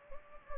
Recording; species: mosquito wingbeat signal from an infrared sensor; Anopheles gambiae